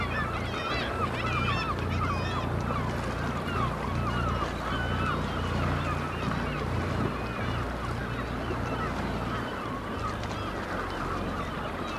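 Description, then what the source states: Black-legged kittiwakes call nonstop in a crowded chorus of wavering, nasal wailing cries, with a low droning hum beneath. Recorded at Dunbar.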